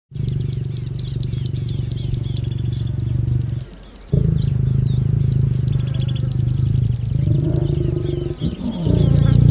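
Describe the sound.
Lion mating growls, a deep continuous rumbling that breaks off briefly, then resumes.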